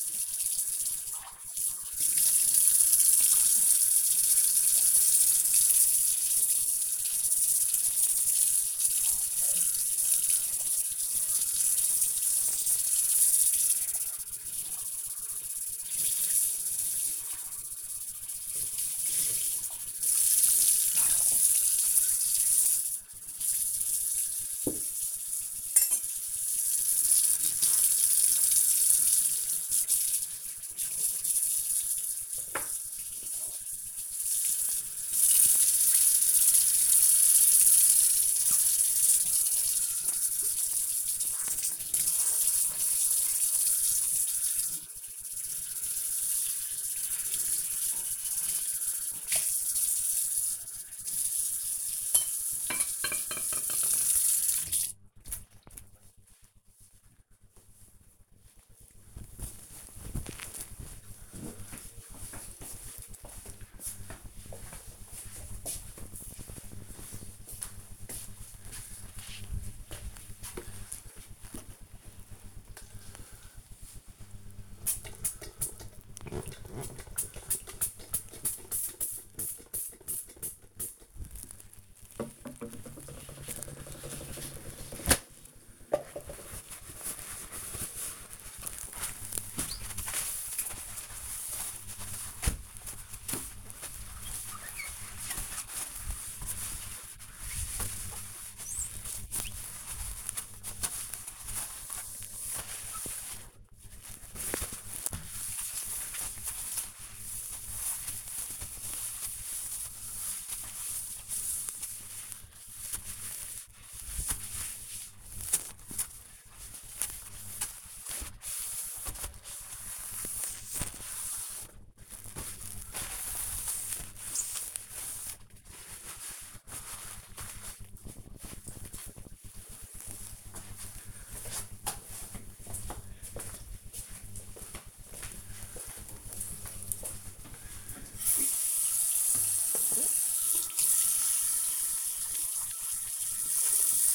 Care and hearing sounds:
household activities, microphone on the right wrist
0.00-54.89 s: washing dishes
68.99-126.47 s: window cleaning
139.56-144.15 s: washing hands

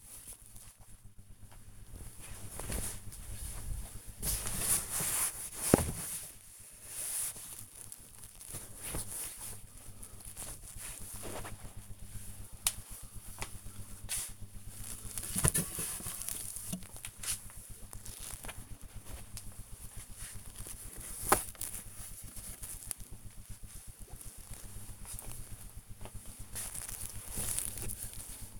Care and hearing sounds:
household activities, microphone on the right wrist
0.00-28.60 s: tidy up the wardrobe

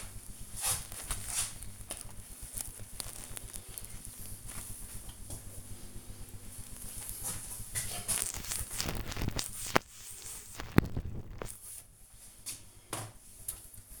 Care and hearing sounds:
household activities, microphone on the right wrist
0.00-14.00 s: cleaning the cupboard
0.00-14.00 s: kitchen

